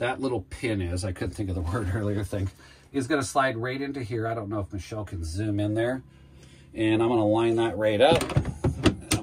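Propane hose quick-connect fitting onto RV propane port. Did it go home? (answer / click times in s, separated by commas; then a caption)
yes / 9.1 s. Someone talks while lining up the pin of a propane hose quick-connect fitting and pushing it onto the propane port of an RV. Small sharp knocks come near the end, and the loudest sharp click at 9.1 s is the coupling latching on, so it has seated.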